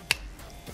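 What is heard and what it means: The tight-fitting cap of a Zaharoff Signature Pour Homme fragrance bottle, a cap that twists and pulls off to open, is pressed back onto the bottle. A single sharp, bright click sounds at 0.1 s, followed by quiet low background. The cap is confirmed seated and shut at that click.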